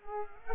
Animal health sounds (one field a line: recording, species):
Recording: mosquito wingbeat signal from an infrared sensor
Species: Culex pipiens